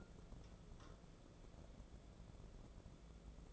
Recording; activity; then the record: daily activity, microphone in the room; take from stove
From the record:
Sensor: 5